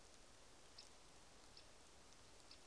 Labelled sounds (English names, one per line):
Great Spotted Woodpecker